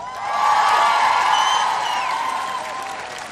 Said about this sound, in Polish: Wielkie brawa, proszę.